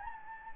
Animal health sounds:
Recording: mosquito wingbeat signal from an infrared sensor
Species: Anopheles gambiae

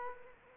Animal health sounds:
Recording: mosquito wingbeat signal from an infrared sensor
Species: Culex quinquefasciatus

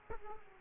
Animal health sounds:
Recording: mosquito wingbeat signal from an infrared sensor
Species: Aedes aegypti

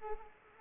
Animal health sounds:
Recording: mosquito wingbeat signal from an infrared sensor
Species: Anopheles arabiensis

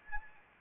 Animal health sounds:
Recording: mosquito wingbeat signal from an infrared sensor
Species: Anopheles arabiensis

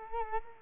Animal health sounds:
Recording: mosquito wingbeat signal from an infrared sensor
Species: Culex quinquefasciatus

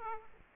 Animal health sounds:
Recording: mosquito wingbeat signal from an infrared sensor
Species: Aedes aegypti

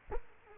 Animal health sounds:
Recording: mosquito wingbeat signal from an infrared sensor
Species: Culex quinquefasciatus

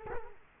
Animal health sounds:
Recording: mosquito wingbeat signal from an infrared sensor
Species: Culex quinquefasciatus

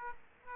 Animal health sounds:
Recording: mosquito wingbeat signal from an infrared sensor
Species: Aedes aegypti

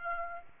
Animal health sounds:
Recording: mosquito wingbeat signal from an infrared sensor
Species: Aedes aegypti

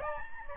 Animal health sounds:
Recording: mosquito wingbeat signal from an infrared sensor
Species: Aedes albopictus

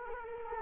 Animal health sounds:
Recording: mosquito wingbeat signal from an infrared sensor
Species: Culex quinquefasciatus

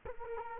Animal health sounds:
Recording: mosquito wingbeat signal from an infrared sensor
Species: Culex quinquefasciatus

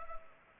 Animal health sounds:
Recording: mosquito wingbeat signal from an infrared sensor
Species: Culex pipiens

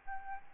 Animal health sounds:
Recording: mosquito wingbeat signal from an infrared sensor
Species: Aedes albopictus

